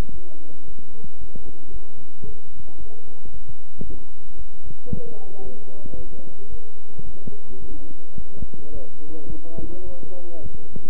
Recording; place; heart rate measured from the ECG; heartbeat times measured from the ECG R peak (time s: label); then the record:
heart sounds by stethoscope; between the tricuspid and mitral areas; 111 bpm
0.12 s: heartbeat
0.66 s: heartbeat
1.19 s: heartbeat
1.72 s: heartbeat
2.25 s: heartbeat
2.78 s: heartbeat
3.32 s: heartbeat
3.84 s: heartbeat
4.37 s: heartbeat
4.90 s: heartbeat
5.43 s: heartbeat
5.96 s: heartbeat
6.50 s: heartbeat
7.05 s: heartbeat
7.60 s: heartbeat
8.16 s: heartbeat
8.72 s: heartbeat
9.28 s: heartbeat
9.84 s: heartbeat
10.42 s: heartbeat
From the record:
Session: bicycle stress test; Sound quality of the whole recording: good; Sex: male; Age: 23 years